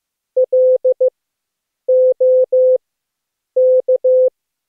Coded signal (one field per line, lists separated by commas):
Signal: Morse code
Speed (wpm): 15 wpm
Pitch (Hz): 510 Hz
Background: none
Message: LOK